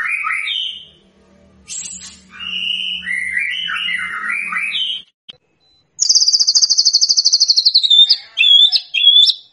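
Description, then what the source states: White-rumped shama song: clear whistled phrases that rise and fall, a short pause, then a fast trill and sharp high notes. Energetic, vigorous song used as a lure recording to provoke an immediate response.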